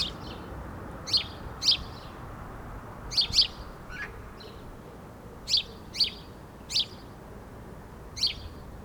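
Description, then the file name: House sparrow chirps, scattered single notes and pairs at irregular intervals, against steady low background rumble. "Passer domesticus"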